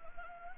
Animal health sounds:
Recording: mosquito wingbeat signal from an infrared sensor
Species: Anopheles gambiae

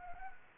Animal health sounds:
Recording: mosquito wingbeat signal from an infrared sensor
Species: Anopheles gambiae

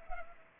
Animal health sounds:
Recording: mosquito wingbeat signal from an infrared sensor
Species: Culex pipiens

